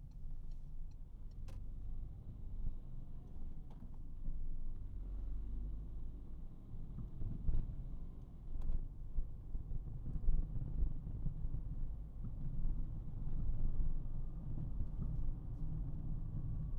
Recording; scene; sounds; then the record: everyday scene through a hearing-aid microphone; in a vehicle; engine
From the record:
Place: Berlingo II, diesel engine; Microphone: behind the ear, right, rear